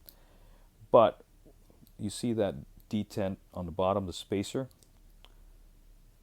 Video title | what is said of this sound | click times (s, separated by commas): Victorinox Custom Mods: Bantam X and Waiter X | when you lock it into the this position | 0.1 s